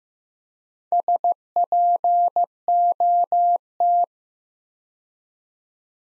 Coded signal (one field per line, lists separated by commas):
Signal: Morse code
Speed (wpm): 15 wpm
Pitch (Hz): 700 Hz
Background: none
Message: SPOT